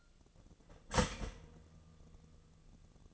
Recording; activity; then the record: daily activity, microphone in the room; start toaster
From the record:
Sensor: 4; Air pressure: 1001.1 hPa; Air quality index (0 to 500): 157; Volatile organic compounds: 2 ppm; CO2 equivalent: 1146 ppm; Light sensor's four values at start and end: 18/42/18/19 and 18/42/18/19